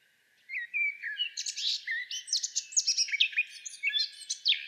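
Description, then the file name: Eurasian blackcap song: a rapid, varied warble of scratchy chatter and clear whistled notes, without pause for about four seconds. "Sylvia atricapilla"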